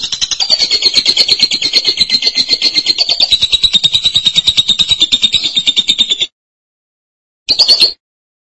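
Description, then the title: Lovebird song: a long, high, rapidly pulsed trill for about six seconds, a short silence, then one brief burst. "BM Suara Burung Lovebird"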